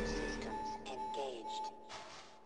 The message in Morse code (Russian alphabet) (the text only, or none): none